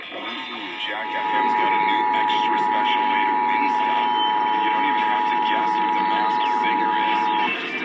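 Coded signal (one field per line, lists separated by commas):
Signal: Emergency Alert System (SAME) tones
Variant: 853 and 960 Hz attention tone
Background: speech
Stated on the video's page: Texas Required Monthly Test relayed on AM, FM and TV broadcast stations in Fort Worth, including 820 kHz AM.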